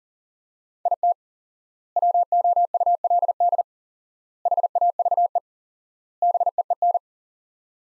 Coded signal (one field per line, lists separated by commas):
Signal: Morse code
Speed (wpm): 40 wpm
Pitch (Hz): 700 Hz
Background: none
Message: IT WOULD HAVE BEEN